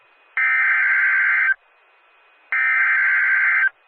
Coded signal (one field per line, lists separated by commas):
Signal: Emergency Alert System (SAME) tones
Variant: header bursts